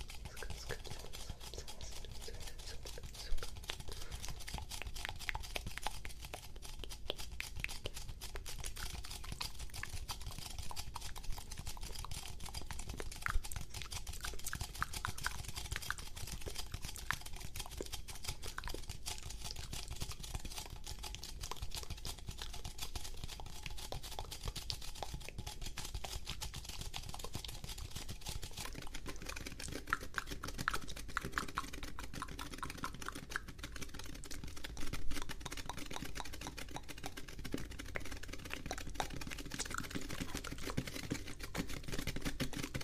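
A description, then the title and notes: Fast, aggressive mouth sounds and sticky tapping run without a break for the whole clip, a dense stream of small wet clicks and taps. The pace stays quick and even, with occasional sharper pops near 3, 13 and 35 seconds. Fast and Aggressive Mouth Sounds and STICKY TAPPING.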